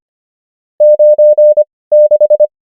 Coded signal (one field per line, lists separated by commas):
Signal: Morse code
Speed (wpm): 25 wpm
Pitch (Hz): 600 Hz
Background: none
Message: 96